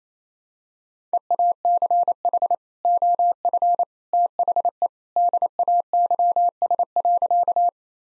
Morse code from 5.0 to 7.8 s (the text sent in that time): DAYS.